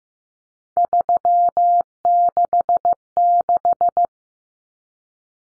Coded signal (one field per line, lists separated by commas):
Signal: Morse code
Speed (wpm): 15 wpm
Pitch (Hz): 700 Hz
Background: none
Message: 366